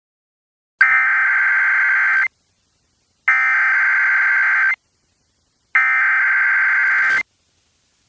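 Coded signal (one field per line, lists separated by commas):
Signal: Emergency Alert System (SAME) tones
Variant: header bursts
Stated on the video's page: Fictional nuclear attack alert interrupting a Game Boy Advance Super Mario Advance game.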